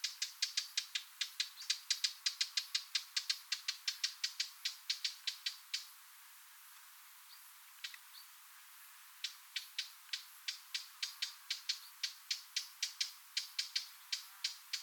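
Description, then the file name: Eurasian blackcap giving hard, dry tack calls in a fast run, a quiet gap midway, then the clicking series resumes. "Sylvia atricapilla"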